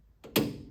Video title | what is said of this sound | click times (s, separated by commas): The Ultimate Transmission for a Flat Fender Jeep with an L134 | when you hear it click it's good | 0.4 s